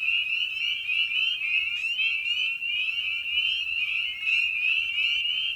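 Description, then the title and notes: Steady spring peeper chorus of high, upward-slurred peeps crowding together into a constant shrill ringing throughout. Evening at a frog pond; tiny amphibian known for its distinctive song. "Episode 5: Night of the Peepers. we return to the frog pond for a meditative evening. Species in Focus: Spring Peeper (Pseudacris crucifer). Ian Carlsen"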